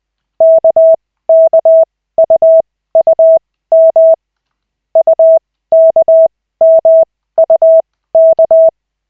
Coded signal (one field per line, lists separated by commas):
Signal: Morse code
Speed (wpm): 20 wpm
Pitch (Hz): 650 Hz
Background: none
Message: KKUUM UKMUK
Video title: Koch 3/40, 16.12.2024, 2nd CW practice session